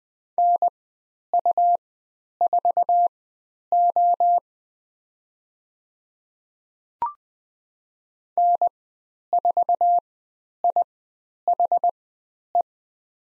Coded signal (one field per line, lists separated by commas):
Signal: Morse code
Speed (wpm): 20 wpm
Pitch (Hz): 700 Hz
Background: none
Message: NU4O N4IHE